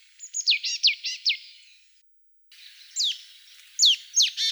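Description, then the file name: Marsh tit calls, a series of short falling notes and buzzy chatter, with a brief silent gap midway. "Poecile palustris"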